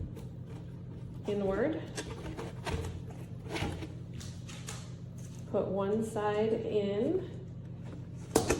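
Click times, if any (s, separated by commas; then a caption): 8.4 s. Someone talks while one side of the clear plastic door of a SEE SPRING stackable shoe storage box is put into its slot, its pin going into the box side. A sharp click at 8.4 s confirms that side of the door has seated.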